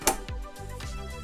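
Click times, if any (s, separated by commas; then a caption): 0.1 s. A P13 power cable plug is pushed straight into the P14 socket on a Bitmain Antminer S21 miner and seats with a sharp click at 0.1 s. A fainter tick follows at about 0.3 s over steady background tones. Someone talks.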